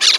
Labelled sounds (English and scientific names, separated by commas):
Brown-throated Parakeet (Eupsittula pertinax) contact call